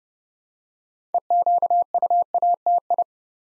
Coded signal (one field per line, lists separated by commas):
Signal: Morse code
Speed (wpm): 30 wpm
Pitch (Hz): 700 Hz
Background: none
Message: EQUATI